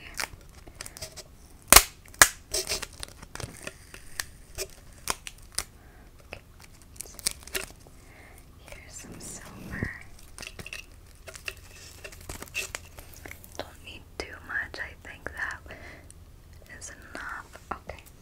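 Someone is measuring and wrapping something, with a steady run of crisp clicks, rustles and snips spread across eighteen seconds. The loudest sharp snaps come near two seconds, followed by softer papery crinkling and handling noise, dry.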